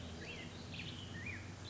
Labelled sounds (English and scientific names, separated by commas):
Black-headed Grosbeak (Pheucticus melanocephalus)